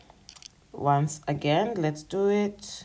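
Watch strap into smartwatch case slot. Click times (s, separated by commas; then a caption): 0.3 s, 0.5 s. A watch strap is lined up with the slot on a Huawei Watch Fit 5 Pro smartwatch case and pushed in until its spring latch engages, and it locks into place. Short clicks land at about 0.3 s and 0.5 s. Someone then talks.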